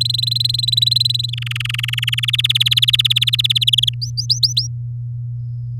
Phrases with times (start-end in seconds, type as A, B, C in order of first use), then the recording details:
0.01-1.30 A, 1.33-2.20 B, 2.23-3.64 C, 3.67-3.89 D, 4.02-4.67 E. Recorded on 9 May 2018 at 07:03. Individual llb16